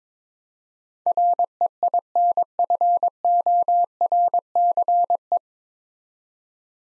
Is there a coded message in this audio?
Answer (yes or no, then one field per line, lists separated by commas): yes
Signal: Morse code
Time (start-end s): 1.1-5.4 s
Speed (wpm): 22 wpm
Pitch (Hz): 700 Hz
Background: none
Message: REINFORCE